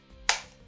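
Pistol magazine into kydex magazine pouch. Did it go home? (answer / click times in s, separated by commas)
yes / 0.3 s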